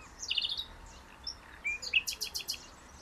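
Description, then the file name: Common nightingale singing rapid repeated notes, first a quick trill, then a slurred rising note and a burst of high, evenly spaced pulses, with faint hiss behind. "Luscinia megarhynchos"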